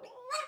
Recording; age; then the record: pig call; piglet (1 to 25 days)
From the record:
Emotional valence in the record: negative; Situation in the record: restrain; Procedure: in the arms of a person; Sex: male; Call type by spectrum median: low-frequency call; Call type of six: mixed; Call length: 0.48 s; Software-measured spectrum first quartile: 1052 Hz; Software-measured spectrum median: 1739 Hz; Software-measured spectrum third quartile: 4352 Hz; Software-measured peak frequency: 1230 Hz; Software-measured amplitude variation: 159 dB a second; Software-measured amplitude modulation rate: 15.5 a second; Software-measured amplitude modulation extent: 10.3 dB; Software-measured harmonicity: 8.9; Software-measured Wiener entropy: -3.56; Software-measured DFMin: 622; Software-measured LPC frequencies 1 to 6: 640, 1239, 2502, 3758, 4416, 5226 Hz